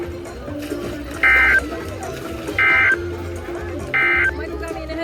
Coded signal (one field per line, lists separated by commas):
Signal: Emergency Alert System (SAME) tones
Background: speech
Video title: Bout a Week Of Stuff (EAS 328-354)